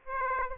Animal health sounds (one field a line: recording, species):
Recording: mosquito wingbeat signal from an infrared sensor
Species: Aedes aegypti